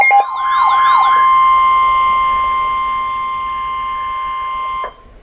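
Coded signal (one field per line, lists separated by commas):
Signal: Emergency Alert System (SAME) tones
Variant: 1050 Hz attention tone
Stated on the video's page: Live EAS tones for winter storm warnings, recorded off a webcam.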